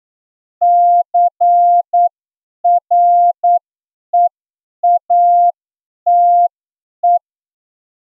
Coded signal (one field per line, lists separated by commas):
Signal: Morse code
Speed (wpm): 9 wpm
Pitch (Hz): 700 Hz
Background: none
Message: CREATE